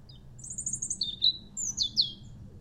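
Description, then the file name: European robin song phrase: a high trilled run of thin notes near the top, then lower warbled notes and bright sliding whistles, over faint low background rumble. "Erithacus rubecula"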